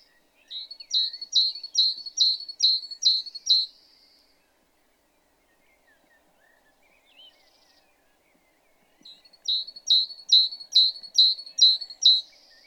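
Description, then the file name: Great tit calls: a quick series of about seven sharp, high, repeated notes, then a pause of several seconds before a similar series follows. "Parus major"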